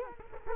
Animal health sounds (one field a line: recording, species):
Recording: mosquito wingbeat signal from an infrared sensor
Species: Culex quinquefasciatus